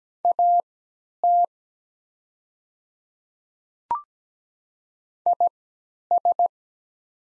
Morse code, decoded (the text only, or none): AT IS